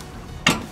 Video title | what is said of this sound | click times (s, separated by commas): How To Change Headlight Bulb on 07-14 Lincoln Navigator - HID Xenon D3S Bulbs | like that you heard the snap now we can lift this one | 0.5 s